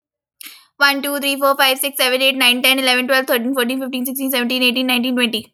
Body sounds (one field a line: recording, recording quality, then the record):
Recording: counting at a fast pace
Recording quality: excellent, no background noise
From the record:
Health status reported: recovered from COVID-19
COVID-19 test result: negative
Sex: female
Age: 21 years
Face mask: not worn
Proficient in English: yes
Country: India